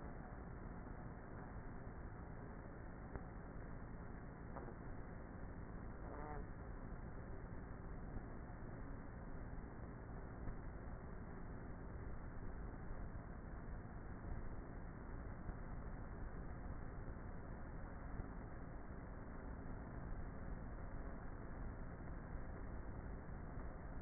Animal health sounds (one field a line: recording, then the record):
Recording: honeybee colony, microphone inside the hive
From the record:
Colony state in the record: queenless with a low population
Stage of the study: before two queens were removed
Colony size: about 30,000 bees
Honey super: no